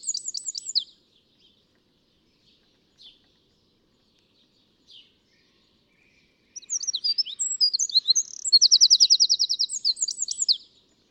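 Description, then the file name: Eurasian wren song: a short burst of high twittering, a few faint ticks, then a long loud outpouring of shrill notes including a fast rattling trill. "Troglodytes troglodytes"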